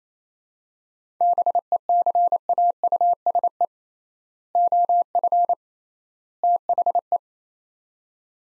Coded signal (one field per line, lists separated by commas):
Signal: Morse code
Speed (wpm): 28 wpm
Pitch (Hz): 700 Hz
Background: none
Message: BECAUSE OF THE